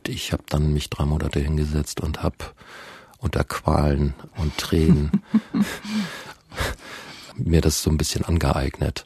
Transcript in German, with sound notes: Ich hab mich dann drei Monate hingesetzt und hab unter Qualen und Tränen [lacht] mir das ein bisschen angeeignet.